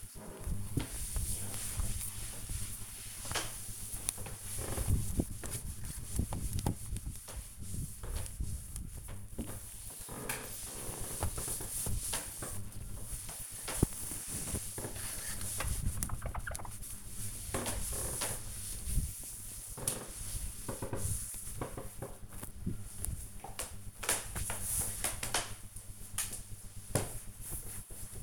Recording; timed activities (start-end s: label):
household activities, microphone on the right wrist
0.00-21.21 s: window cleaning